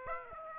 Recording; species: mosquito wingbeat signal from an infrared sensor; Aedes aegypti